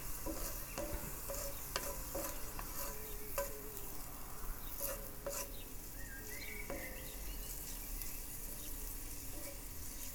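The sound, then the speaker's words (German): Steady sizzling of ingredients for a Sloppy Joe burger's ground-meat mixture frying in a pan, broken by irregular clinks and scrapes of a utensil stirring through it, with a brief high squeak midway; no one speaks. “Das ist ja das Schöne an dem Sloppy Joe Burger, dass man alles nacheinander in die Pfanne haut und das schön einköcheln lässt für die Hackfleischmasse.”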